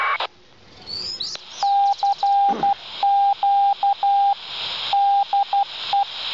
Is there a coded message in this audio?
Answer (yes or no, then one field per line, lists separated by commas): yes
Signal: Morse code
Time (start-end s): 1.6-6.0 s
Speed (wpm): 12 wpm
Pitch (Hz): 800 Hz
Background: radio noise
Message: CQ DE